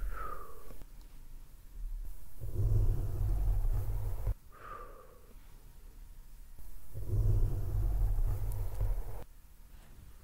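Soft mouth sounds and low blowing swell twice, each building into a deep rumbling gust before cutting off abruptly.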